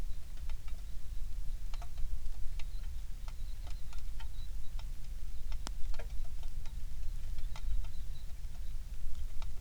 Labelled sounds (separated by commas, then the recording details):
songbird, rain
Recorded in the Prudhoe Bay oil fields, Alaska, on 27 July 2019 at 19:10
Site 19